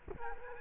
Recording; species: mosquito wingbeat signal from an infrared sensor; Culex quinquefasciatus